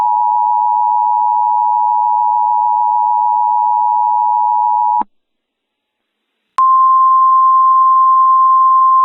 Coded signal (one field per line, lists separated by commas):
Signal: Emergency Alert System (SAME) tones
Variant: 853 and 960 Hz attention tone